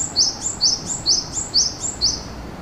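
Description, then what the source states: Bird calling in a steady series of several sharp, high two-part chirps, each sliding down a step, repeated rapidly with light background hiss. Shinagawa, March 2008.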